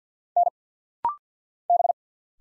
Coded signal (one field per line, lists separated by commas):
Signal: Morse code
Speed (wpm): 50 wpm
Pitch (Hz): 700 Hz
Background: none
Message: N B